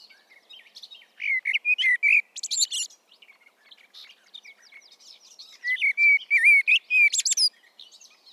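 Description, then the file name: Common blackbird singing mellow, wavering whistled phrases that close with thin, high squeaks. Two full phrases are separated by quiet, scratchy twittering. "Turdus merula"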